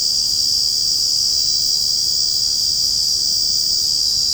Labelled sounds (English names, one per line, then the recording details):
none
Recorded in secondary vegetation near Puerto Asís, Putumayo, Colombia, on 18 February 2024 at 01:00
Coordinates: 0.489, -76.322
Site G6419